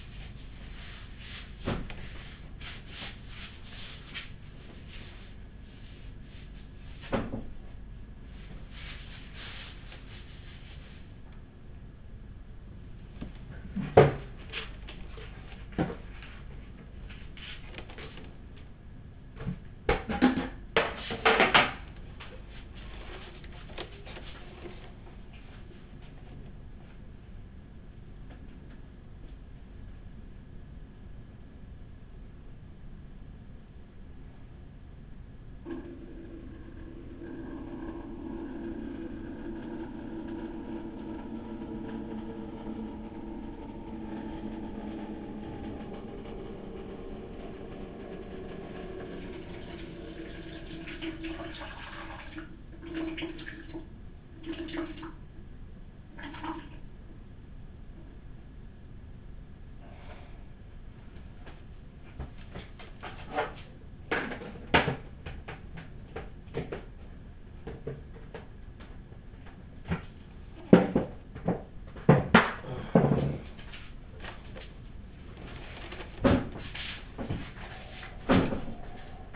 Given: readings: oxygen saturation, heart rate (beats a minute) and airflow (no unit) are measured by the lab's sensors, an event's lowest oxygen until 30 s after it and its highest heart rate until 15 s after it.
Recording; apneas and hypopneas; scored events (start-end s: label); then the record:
a person awake in a sleep study, by a smartphone at the bedside; none
0.00-79.36 s: awake
From the record:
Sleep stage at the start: awake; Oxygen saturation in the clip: 95 to 97%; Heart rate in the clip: 33 to 74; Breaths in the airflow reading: 27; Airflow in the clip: -9.3 to 8.5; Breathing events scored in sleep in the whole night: 207 in 7.6 hours asleep